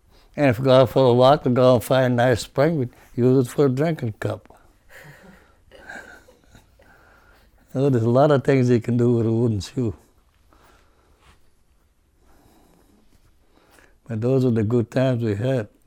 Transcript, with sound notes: And if you go out for a walk, you go and find a nice spring, we'd use it for a drinking cup. (they laugh) There's a lot of things you can do with a wooden shoe. But those are the good times we had.